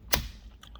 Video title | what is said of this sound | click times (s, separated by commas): 2018 Dodge Durango Magic Mount from ProClip USA | snaps right in place | 0.6 s, 0.8 s